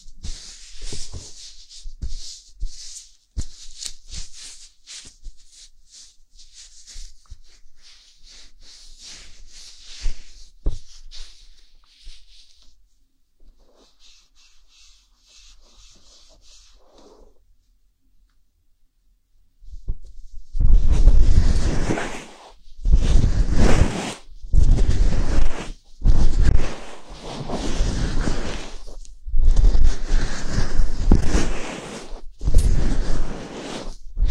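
Ear cleaning with a fluffy ear pick. For the first twelve seconds there is faint, crisp crackling and brushing, then near silence. From about twenty seconds, loud, muffled rubbing and scratching strokes come in repeated bursts until the end.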